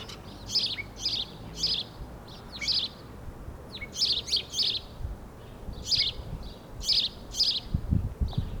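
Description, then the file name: House sparrow calling with a series of short chirps, over a low background rumble and a few soft thumps near the end. "Passer domesticus"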